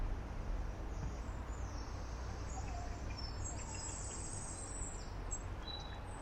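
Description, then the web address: European robin singing thin, high warbling and trilled phrases that shift in pitch, over a steady low background rumble. "Deverinetal 2025 File origin Bird Only Er Ru"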